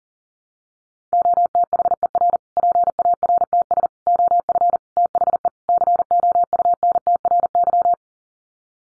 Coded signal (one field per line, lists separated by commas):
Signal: Morse code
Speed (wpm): 40 wpm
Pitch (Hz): 700 Hz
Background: none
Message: OTHER PARTS OF THE COUNTRY